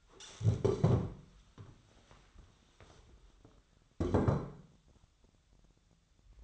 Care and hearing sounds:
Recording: daily activity, microphone in the room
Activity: stand up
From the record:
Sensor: 3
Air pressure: 1015.2 hPa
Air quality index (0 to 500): 167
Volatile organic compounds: 13 ppm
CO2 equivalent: 2394 ppm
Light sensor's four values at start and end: 14/37/14/16 and 12/28/12/12

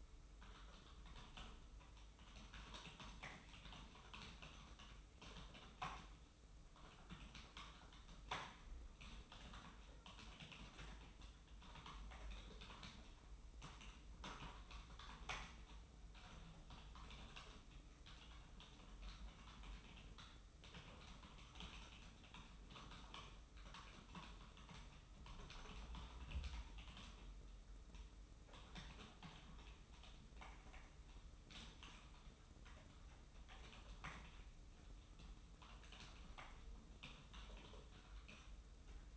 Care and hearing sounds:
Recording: daily activity, microphone in the room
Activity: typing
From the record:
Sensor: 1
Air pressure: 991.0 hPa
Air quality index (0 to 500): 126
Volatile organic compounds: 290 ppm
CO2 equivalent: 4458 ppm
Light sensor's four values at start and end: 23/56/23/26 and 24/56/24/26

